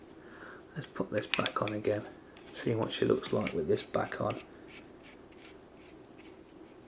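A removed part is being fitted back onto a Wismec Reuleaux Rx75 vape mod while someone talks, with light handling and rubbing sounds under the speech. Nothing has seated or clicked yet; the clip ends just before the part goes home.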